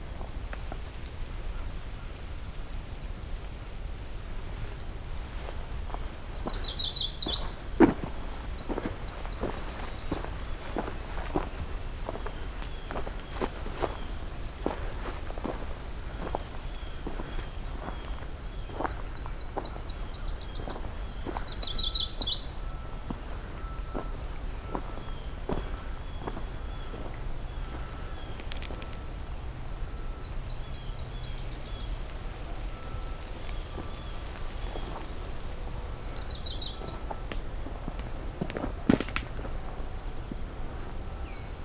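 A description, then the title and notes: Footsteps crunch steadily along a morning hike through Pine Tree Point, while a bird repeats a bright trilling call every several seconds. The first part of a morning hike into the southern half of Pine Tree Point Nature Preserve, opening with a songful White-throated Sparrow.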